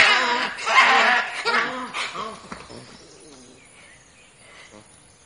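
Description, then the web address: Fossa calls: a quick run of arched, harmonic-rich yelping notes in the first two and a half seconds, fading into quieter scattered sounds afterward. "fossa animal"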